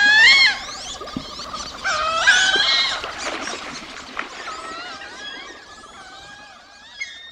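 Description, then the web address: Wood Duck giving loud squeals, then softer thin whistles that repeat irregularly and fade. Nests in tree cavities in large trees in forested wetlands and in nest boxes; in winter found in city parks taking handouts alongside resident mallards. "Birdnote. Wood Ducks Succeed"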